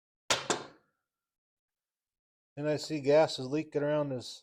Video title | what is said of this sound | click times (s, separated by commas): Earthquake Tiller MC43 w/Viper 43cc Engine: Get Running Again | and just pop down there till it clicks | 0.3 s